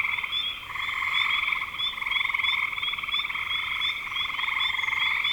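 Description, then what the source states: A frog chorus keeps up overlapping buzzy, pulsed trills without a break, and the intensity rises and falls slightly. Recorded in spring 2025.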